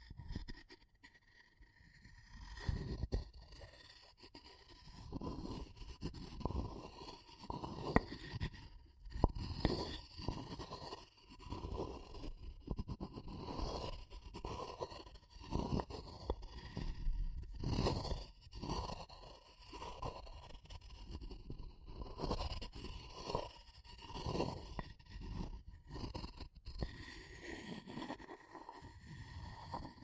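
Wood, bamboo and straw being handled, with dense, irregular scraping and rustling, frequent soft knocks, and a faint steady tone throughout.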